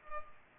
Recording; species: mosquito wingbeat signal from an infrared sensor; Culex pipiens